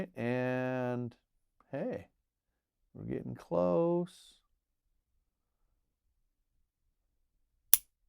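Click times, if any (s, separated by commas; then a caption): none. A Colt Trooper MK 5 revolver's action is cycled after material has been taken off the cylinder stop during repair work, while someone talks in the first half. At 7.7 s one sharp metallic snap rings out as the hammer falls. The cylinder stop has not dropped into the cylinder notch; it is close but not engaged, so nothing has seated yet.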